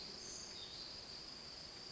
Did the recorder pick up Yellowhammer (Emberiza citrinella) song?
no